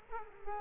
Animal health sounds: mosquito wingbeat signal from an infrared sensor; Culex quinquefasciatus

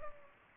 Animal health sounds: mosquito wingbeat signal from an infrared sensor; Culex pipiens

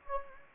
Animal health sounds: mosquito wingbeat signal from an infrared sensor; Anopheles gambiae

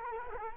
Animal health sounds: mosquito wingbeat signal from an infrared sensor; Culex quinquefasciatus

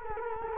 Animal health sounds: mosquito wingbeat signal from an infrared sensor; Culex quinquefasciatus

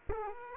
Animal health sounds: mosquito wingbeat signal from an infrared sensor; Aedes aegypti

